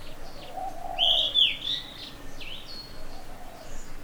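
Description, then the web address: Yellow-rumped flycatcher song: a short phrase of slurred whistles, then a high thin note, with low cooing from a dove behind. "Ficedula zanthopygia song. birds of the ussr"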